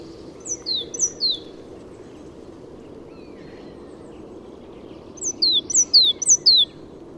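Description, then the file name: Great tit with two bouts of paired whistled notes, high then falling, separated by several seconds of quiet low hiss. "Parus major"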